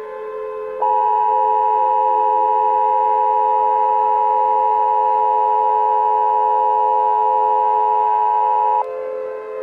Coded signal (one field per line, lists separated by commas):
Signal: Emergency Alert System (SAME) tones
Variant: 853 and 960 Hz attention tone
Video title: EAS Scenario: Columbus Asteroid Strike